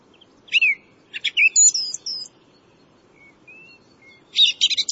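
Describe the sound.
Bird singing high-pitched phrases: sharp slurred chirps and bursts of rapid notes, a few thin whistles between, with a faint low background hum throughout.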